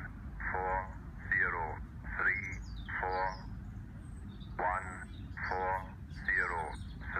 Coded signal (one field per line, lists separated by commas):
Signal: numbers station